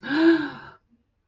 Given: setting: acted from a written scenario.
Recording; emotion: vocal sound without words; awe